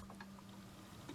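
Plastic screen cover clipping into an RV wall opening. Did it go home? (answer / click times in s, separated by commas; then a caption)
no / none. A plastic screen cover is handled and pressed toward an opening in an RV wall, where its small retaining clips are meant to snap into place. Faint, light ticking handling sounds play over a steady low hum. Nothing has seated or clicked yet.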